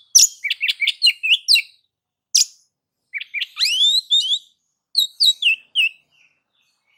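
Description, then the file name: Oriental magpie-robin singing a lively mix of sharp chips, falling whistles and rising slurred notes in quick bursts, silent gaps between phrases. "Suara Kacer"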